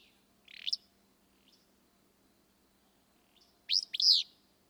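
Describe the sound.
Willow flycatcher song: a short rough note, a pause, then a loud, buzzy two-part phrase.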